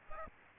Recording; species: mosquito wingbeat signal from an infrared sensor; Aedes aegypti